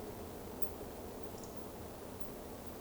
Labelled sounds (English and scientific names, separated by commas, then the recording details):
Eurasian Woodcock (Scolopax rusticola) whistle
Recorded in Baden-Württemberg, Germany, on 11 June 2020 at 20:36 UTC
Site 14569, 102 m above sea level